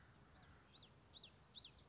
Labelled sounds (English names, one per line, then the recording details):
Common Yellowthroat
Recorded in Sonoma County, California